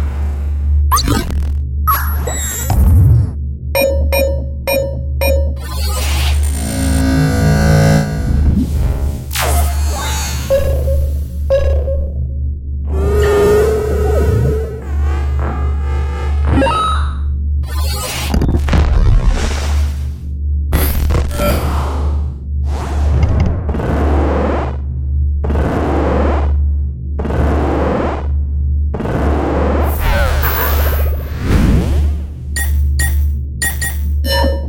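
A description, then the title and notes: A rapid sequence of synthetic interface sounds: short beeps and chirps, bursts of static and interference, swooshing transitions and a warbling tone near the middle. Events come densely, every second or two, over a constant low electrical hum that runs throughout. Alien Interface Sound Effects. Simple and complex beeps, alarms and warning sounds, interference and static sounds, as well as transition sounds and synthetic textures.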